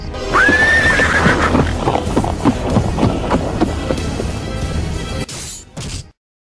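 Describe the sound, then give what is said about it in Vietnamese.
A horse lets out a high, rising whinny, then hooves clatter in a quick, uneven run of clip-clops that ends with a sharp burst of noise before silence, as the rider pulls the horse up. “Sơn Dương áp ngựa lại, quay tay ôm bồng Phượng Kiều sang hắt phong câu, giật chiếc khăn bịt miệng nàng ra.”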